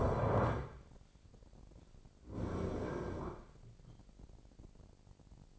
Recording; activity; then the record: daily activity, microphone in the room; stand up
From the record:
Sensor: 5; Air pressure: 1009.3 hPa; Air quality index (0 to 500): 155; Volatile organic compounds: 2 ppm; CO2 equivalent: 1191 ppm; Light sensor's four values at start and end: 246/590/250/273 and 245/587/249/272